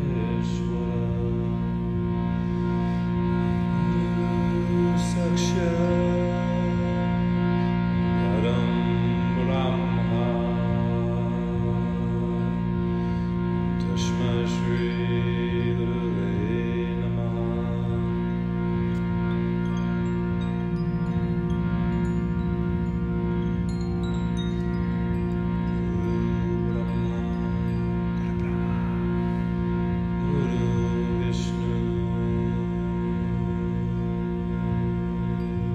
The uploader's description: crystal & singing bowls, harmonium, guitar, bells, pan flute, drum, gong, frog, mantra, and singing